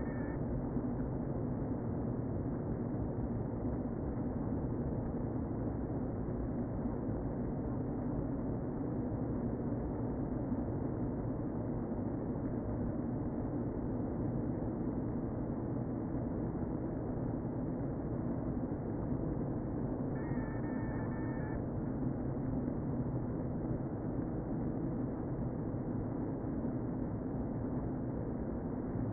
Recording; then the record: honeybee colony, microphone inside the hive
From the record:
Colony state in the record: queen present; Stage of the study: before two queens were removed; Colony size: about 60,000 bees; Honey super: yes